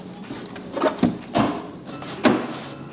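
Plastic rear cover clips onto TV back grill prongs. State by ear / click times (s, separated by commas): seated / 0.6 s, 2.2 s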